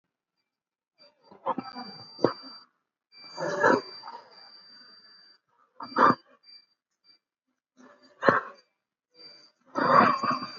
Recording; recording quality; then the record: deep breathing; excellent, no background noise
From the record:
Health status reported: COVID-19 positive, mild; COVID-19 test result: positive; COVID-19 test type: RT-PCR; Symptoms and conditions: cough, cold, breathing difficulty, fever, fatigue, muscle pain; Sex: male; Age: 80 years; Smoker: no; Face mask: worn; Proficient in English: no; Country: India